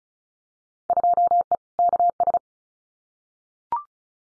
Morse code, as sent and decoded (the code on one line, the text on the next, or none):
..--- . / -.- ...
2E KS